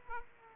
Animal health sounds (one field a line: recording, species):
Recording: mosquito wingbeat signal from an infrared sensor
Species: Aedes aegypti